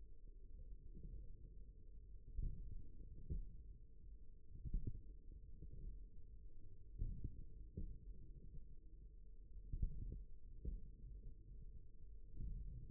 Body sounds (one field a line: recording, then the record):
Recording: forearm muscle sounds (acoustic myography)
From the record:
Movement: forearm supination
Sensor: system 1, eight BSWA MPA416 microphones around the upper forearm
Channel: 2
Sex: male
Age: 54 years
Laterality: right